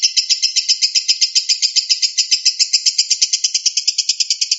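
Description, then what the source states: Lovebird chatter, a steady unbroken stream of rapid shrill pulses, high and even throughout. Song style called konslet.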